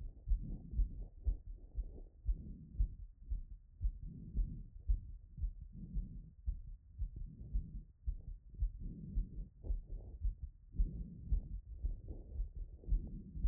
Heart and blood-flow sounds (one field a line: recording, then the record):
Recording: heart sounds by stethoscope after running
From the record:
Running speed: 5 mph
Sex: female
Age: 30 to 39 years